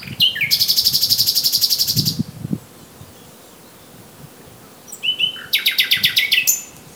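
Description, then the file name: Common nightingale song: a fast, loud, repeated note series lasting about two seconds, a pause, then another phrase opening with a whistle and rapid repeated notes. "Luscinia megarhynchos"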